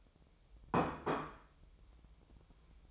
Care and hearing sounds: daily activity, microphone in the room; place plate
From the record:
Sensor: 1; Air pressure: 988.6 hPa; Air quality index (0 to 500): 196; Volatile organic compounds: 931 ppm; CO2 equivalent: 5231 ppm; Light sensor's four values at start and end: 25/93/35/37 and 25/93/35/37

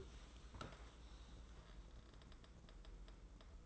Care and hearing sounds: daily activity, microphone in the room; sit down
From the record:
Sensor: 3

